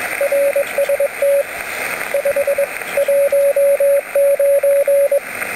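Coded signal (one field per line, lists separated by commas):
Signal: Morse code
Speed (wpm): 21 wpm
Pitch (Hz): 560 Hz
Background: radio noise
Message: RST 519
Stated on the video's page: Morse on 10 metres from a beach, using a home-made bi-square wire antenna through an antenna coupler; mostly DX contacts, not all reports Q5.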